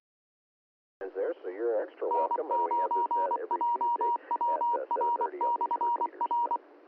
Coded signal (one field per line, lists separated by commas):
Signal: Morse code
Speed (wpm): 24 wpm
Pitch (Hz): 950 Hz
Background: speech, radio noise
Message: N9JWR/R